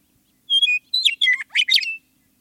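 Western meadowlark singing a flute-like phrase, two pure descending whistles leading into a jumbled, bubbling cascade of quick notes, about one and a half seconds long.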